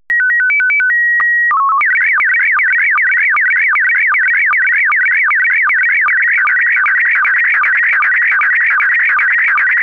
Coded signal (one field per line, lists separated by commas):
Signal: SSTV (slow-scan television)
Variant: PD 50